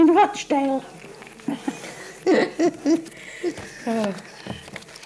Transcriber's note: laughs